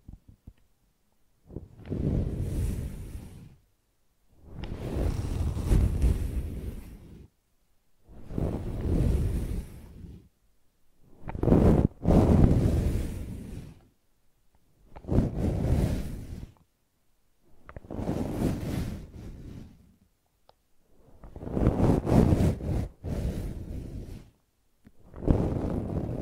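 Repeated bursts of brushing and scratching, each lasting about two seconds, separated by short silences. The strokes are rough and mostly low, with a fainter hiss on top. About eight passes come at a fairly regular pace, with a few sharp clicks mixed in.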